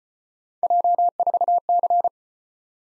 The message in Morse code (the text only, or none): J4C